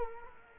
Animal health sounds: mosquito wingbeat signal from an infrared sensor; Culex quinquefasciatus

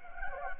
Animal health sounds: mosquito wingbeat signal from an infrared sensor; Anopheles gambiae

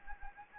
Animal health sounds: mosquito wingbeat signal from an infrared sensor; Anopheles gambiae

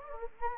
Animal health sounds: mosquito wingbeat signal from an infrared sensor; Anopheles gambiae

